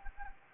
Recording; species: mosquito wingbeat signal from an infrared sensor; Anopheles gambiae